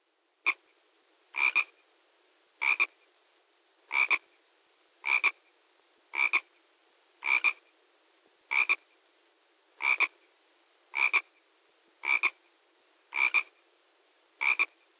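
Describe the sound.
Frog croaking: short, double-pulsed ribbits repeated steadily about once a second, thirteen in all, with a quiet background between calls.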